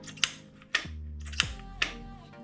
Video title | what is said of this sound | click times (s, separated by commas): Custom Comfort with a Click - The AK Method RS Harness Ratchet System | it's as simple as that you hear it click you feel it tighten | 0.2 s, 0.8 s, 1.4 s, 1.8 s